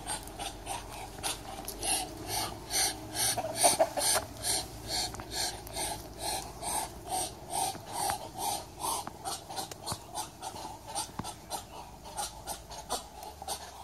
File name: muscovy duck call